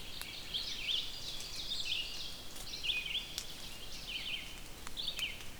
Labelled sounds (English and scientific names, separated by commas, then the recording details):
Red-eyed Vireo (Vireo olivaceus) song
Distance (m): 50 m
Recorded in boreal forest in Alberta, Canada, on 5 June 2016 at 05:34
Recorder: SongMeter 3, array SBT-3-51
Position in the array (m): 149 m, 78 m